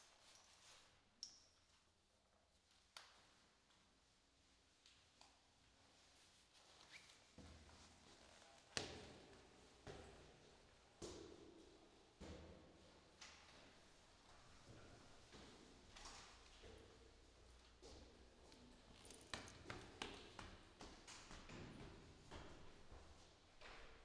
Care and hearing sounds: everyday scene through a hearing-aid microphone; reverberant space; background noise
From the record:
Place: staircase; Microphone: in the ear canal, left

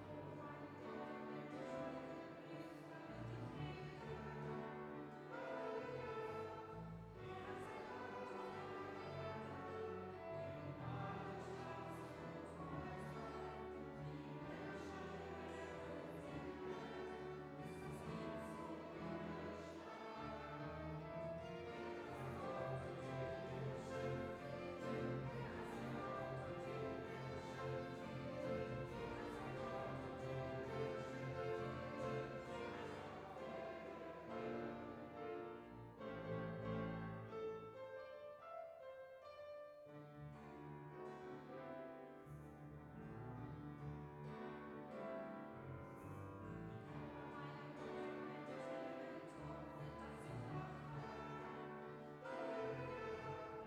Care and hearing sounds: everyday scene through a hearing-aid microphone; reverberant space; music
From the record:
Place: church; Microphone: behind the ear, right, rear

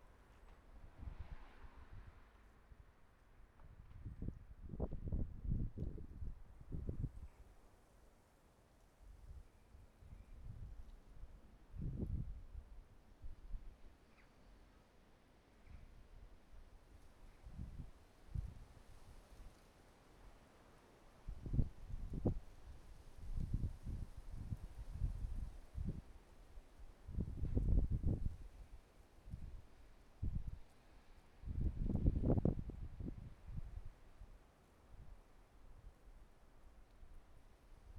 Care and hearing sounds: everyday scene through a hearing-aid microphone; wind on the microphone; wind, traffic, birds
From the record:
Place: suburban garden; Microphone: behind the ear, right, rear

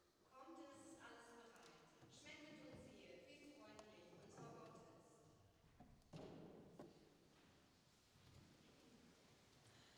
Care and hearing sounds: everyday scene through a hearing-aid microphone; reverberant space; speech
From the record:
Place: church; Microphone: in the ear canal, right

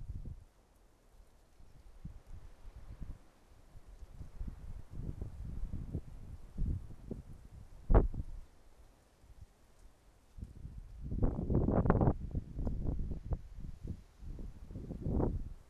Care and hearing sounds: everyday scene through a hearing-aid microphone; wind on the microphone; wind, traffic, birds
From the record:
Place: suburban garden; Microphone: behind the ear, right, front

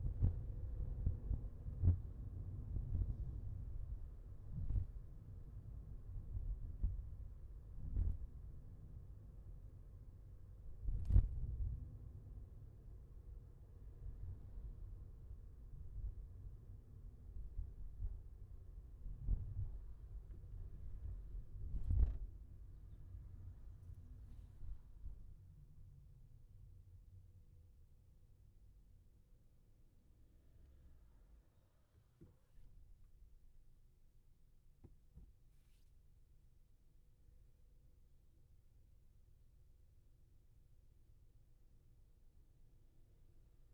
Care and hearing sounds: everyday scene through a hearing-aid microphone; in a vehicle; engine, highway traffic jam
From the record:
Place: Skoda Fabia, gasoline engine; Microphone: behind the ear, left, front

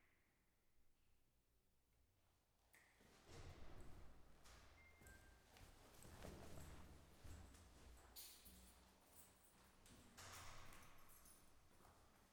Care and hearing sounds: everyday scene through a hearing-aid microphone; reverberant space; background noise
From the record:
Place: staircase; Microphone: behind the ear, left, front

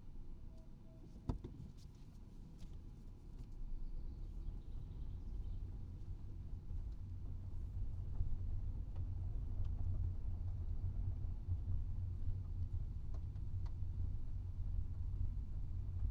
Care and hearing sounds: everyday scene through a hearing-aid microphone; in a vehicle; engine, rumble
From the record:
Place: Skoda Fabia, gasoline engine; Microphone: in the ear canal, right

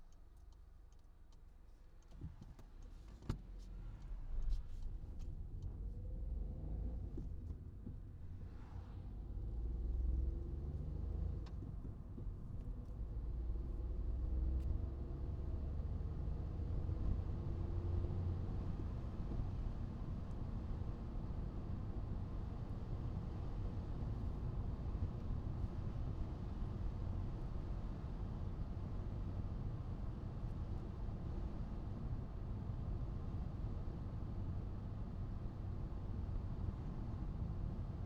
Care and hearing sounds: everyday scene through a hearing-aid microphone; in a vehicle; engine, traffic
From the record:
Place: Skoda Fabia, gasoline engine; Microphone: in the ear canal, right

